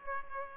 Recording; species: mosquito wingbeat signal from an infrared sensor; Aedes aegypti